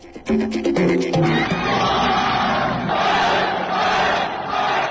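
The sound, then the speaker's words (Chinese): Beijing Guoan football fans who travelled to the away match in Shanghai cheer their team's 2-1 comeback win over Shanghai SIPG, a loud, continuous crowd roar that fills the whole clip, with a few pitched shouts and chant-like voices rising out of the din near the start. “客场逆转击败领头羊上海上港，国安队的队员们和远征客场的球迷们纵情的欢呼，从去年的1-5到今年的2-1，国安队终于完成了对于自我的证明。”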